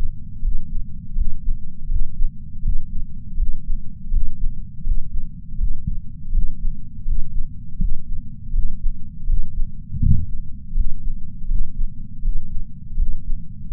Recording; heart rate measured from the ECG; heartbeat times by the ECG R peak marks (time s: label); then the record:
heart sounds by patch sensor on the chest; 81 bpm
0.42 s: heartbeat
1.15 s: heartbeat
1.89 s: heartbeat
2.63 s: heartbeat
3.37 s: heartbeat
4.11 s: heartbeat
4.84 s: heartbeat
5.58 s: heartbeat
6.32 s: heartbeat
7.05 s: heartbeat
7.79 s: heartbeat
8.53 s: heartbeat
9.27 s: heartbeat
10.00 s: heartbeat
10.74 s: heartbeat
11.48 s: heartbeat
12.22 s: heartbeat
12.97 s: heartbeat
13.71 s: heartbeat
From the record:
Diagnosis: coronary artery disease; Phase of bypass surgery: preoperative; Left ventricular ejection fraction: 63.3%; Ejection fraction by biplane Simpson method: 60.1%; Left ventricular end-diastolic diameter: 44 mm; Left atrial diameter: 34 mm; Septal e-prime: 5.7 cm/s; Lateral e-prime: 6.6 cm/s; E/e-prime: 12.8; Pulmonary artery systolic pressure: 18 mmHg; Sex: female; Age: 71 years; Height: 150 cm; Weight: 59 kg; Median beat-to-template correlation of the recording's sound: 0.93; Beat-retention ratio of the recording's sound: 0.99